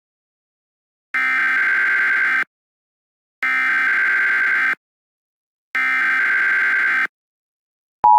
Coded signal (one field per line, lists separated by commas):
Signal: Emergency Alert System (SAME) tones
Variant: header bursts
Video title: 2023 A Deadly Spring 2 [EAS Scenario]